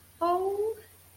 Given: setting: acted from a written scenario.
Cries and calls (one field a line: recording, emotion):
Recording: vocal sound without words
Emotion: adoration